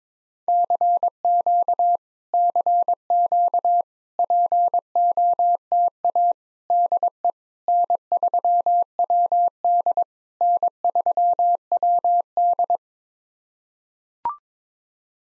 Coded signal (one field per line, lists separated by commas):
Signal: Morse code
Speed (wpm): 22 wpm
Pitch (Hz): 700 Hz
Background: none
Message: CQ CQ POTA DE N3WD N3WD